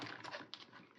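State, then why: Not seated. A thick, sturdy planner front cover is handled against its binding discs, ready to be snapped on at the front first. The second is filled with broadband rustling and scraping, with a brief sharper bump around 0.5 s. The cover has not snapped onto the discs yet, and nothing has seated or clicked.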